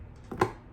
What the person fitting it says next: so it clicks in place.